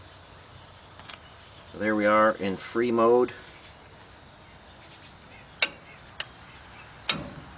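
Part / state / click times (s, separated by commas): manual locking hub dial on front axle hub / seated / 7.1 s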